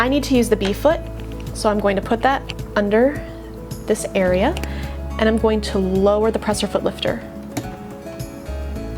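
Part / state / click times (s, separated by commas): snap-on presser foot into sewing machine presser foot holder / not seated / none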